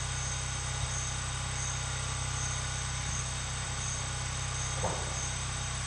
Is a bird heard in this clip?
no